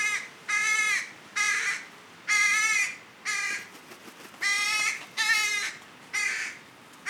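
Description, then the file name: Carrion crow cawing: about seven harsh, hoarse caws in a steady series, each roughly half a second long, spaced about a second apart. "Corvus corone"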